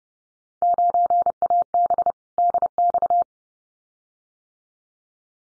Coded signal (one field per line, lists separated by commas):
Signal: Morse code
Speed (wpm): 30 wpm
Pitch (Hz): 700 Hz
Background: none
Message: 9AB DX